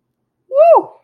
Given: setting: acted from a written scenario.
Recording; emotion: vocal sound without words; triumph